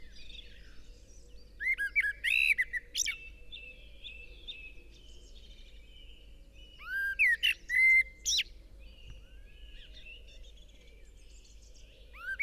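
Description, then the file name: Common blackbird song: two bouts of fluting whistles with rising and falling slides, finished by thin high chattering, over a faint steady background hiss. "Turdus merula"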